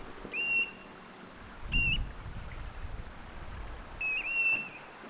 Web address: paivat 20 9 2024 kapustarintanuori ja tyllilintu kummaltakin kaksi aanta